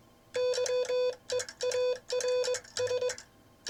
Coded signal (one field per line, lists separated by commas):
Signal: Morse code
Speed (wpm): 20 wpm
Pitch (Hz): 500 Hz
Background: none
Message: YEARS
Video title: Ships That Pass #Morse code #Vibroplex